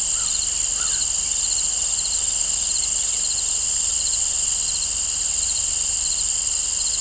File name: Crickets and Birds In an Open Field